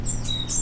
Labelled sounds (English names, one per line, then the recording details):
Stitchbird song
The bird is a male
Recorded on Tiritiri Matangi Island, New Zealand, in 2005
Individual 2, of nest box 2